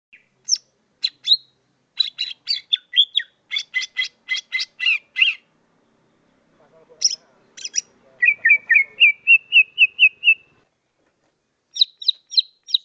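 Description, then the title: Leafbird song: quick series of high buzzy chirps, a pause, then a run of sweet repeated whistled notes, another pause, and a few final sharp chips. "CUCAK IJO"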